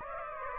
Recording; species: mosquito wingbeat signal from an infrared sensor; Aedes aegypti